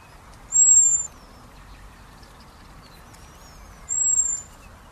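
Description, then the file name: Common blackbird giving two very high, thin, drawn-out whistled calls about three seconds apart, each trailing off, over soft background hiss. "Turdus merula"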